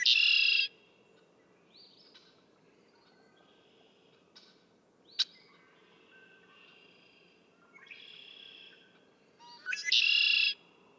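Red-winged blackbird songs at start and end, each a harsh buzzy trill, with softer trilled phrases and a single sharp click in between.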